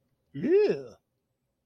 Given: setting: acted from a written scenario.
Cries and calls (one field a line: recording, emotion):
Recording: vocal sound without words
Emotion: embarrassment